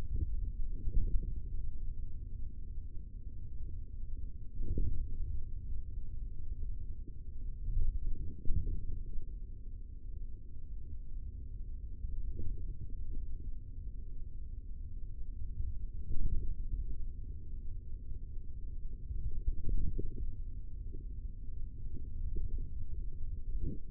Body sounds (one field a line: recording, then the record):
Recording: forearm muscle sounds (acoustic myography)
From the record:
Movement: index flexion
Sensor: system 3, bracelet of six PUI Audio POM-2738L microphones around the upper forearm, with dedicated amplification and filtering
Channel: 6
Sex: male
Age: 43 years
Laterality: right